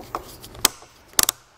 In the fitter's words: Once you hear those audible clicks that you also heard earlier when I was putting the roof rack together, it's gonna let you know that the tool has torqued it correctly.